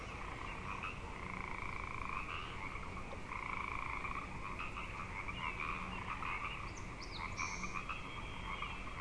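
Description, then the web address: Frogs in a dense chorus, overlapping trilling croaks forming a steady continuous wash, with a few brief high notes near the end. Frog chorus at Grafton Lake, recorded 3 May 2009. "The Frog Chorus Tunes Up On Grafton Lake frogs 090503"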